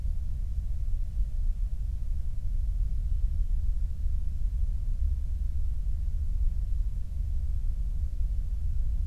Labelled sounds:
flare stack

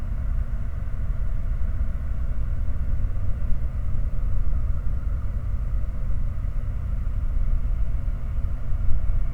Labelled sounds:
machinery
flare stack

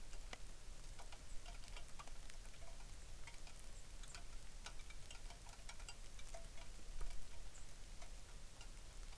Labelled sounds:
songbird
rain

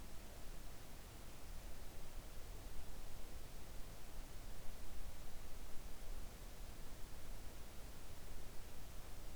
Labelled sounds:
near silence

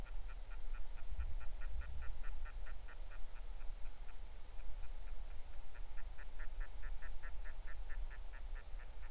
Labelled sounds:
waterfowl

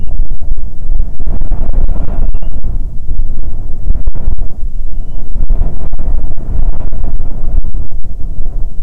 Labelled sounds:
bird
wind

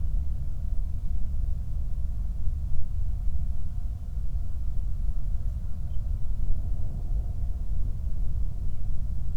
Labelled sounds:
flare stack
wind

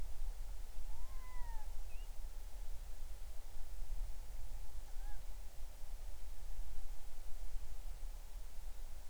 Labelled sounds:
bird

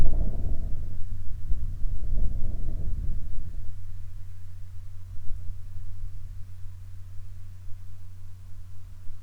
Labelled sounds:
wind
aircraft

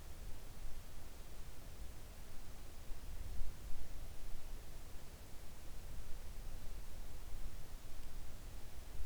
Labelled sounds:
near silence

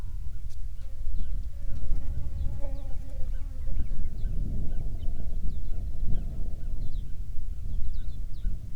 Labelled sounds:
songbird
wind
insects

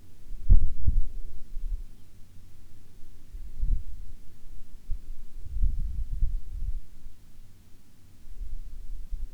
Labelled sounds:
songbird
wind

